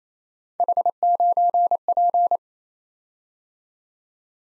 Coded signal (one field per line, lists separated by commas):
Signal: Morse code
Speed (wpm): 28 wpm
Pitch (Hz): 700 Hz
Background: none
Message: H9P